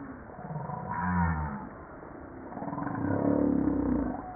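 Humpback whale moans: two low, harmonic groaning units, the first swelling near one second, the second longer and louder around three to four seconds, over a steady background rumble.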